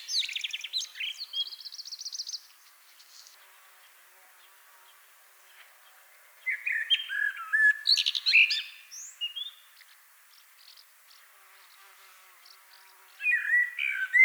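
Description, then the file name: Common blackbird singing: a high trill, then after a pause a mellow fluted phrase rising into squeaky twitters, and another phrase starting at the end. "Turdus merula"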